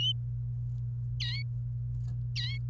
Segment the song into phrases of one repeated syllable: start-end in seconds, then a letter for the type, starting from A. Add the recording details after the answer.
1.20-1.42 A, 2.35-2.57 A. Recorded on 28 April 2018 at 10:18. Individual llb3